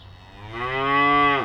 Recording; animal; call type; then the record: contact call of a hoofed animal; cattle; low-frequency (closed-mouth) or high-frequency (open-mouth) call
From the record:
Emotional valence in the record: negative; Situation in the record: full separation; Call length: 1.45 s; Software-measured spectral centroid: 1630 Hz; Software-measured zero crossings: 2440 a second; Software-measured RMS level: -22 dBFS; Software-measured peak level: -8 dBFS